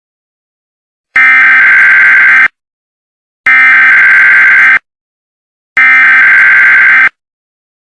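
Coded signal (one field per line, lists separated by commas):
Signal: Emergency Alert System (SAME) tones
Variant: header bursts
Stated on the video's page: Fictional nuclear bomb EAS scenario interrupting a cartoon, using valid EAS tones.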